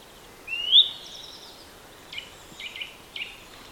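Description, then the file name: Eurasian nuthatch giving one loud upslurred whistle, followed by several softer, shorter chipping notes and faint high twitters. "Sitta europaea"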